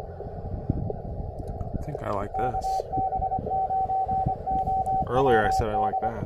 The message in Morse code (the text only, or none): KB9OWD